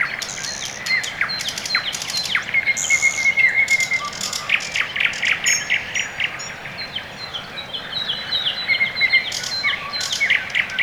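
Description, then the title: Birds singing: mixed chirps, a sustained trill and scattered sharp ticks overlapping in a lively morning chorus. Quiet early morning, Orekhovo-Borisovo Severnoye district, Moscow, Russia; recorded with Sony ECM-MS2 microphone into Marantz PMD-661, processed with equalisation and gain. "район Орехово-Борисово Северное, Москва, Россия - Morning birds"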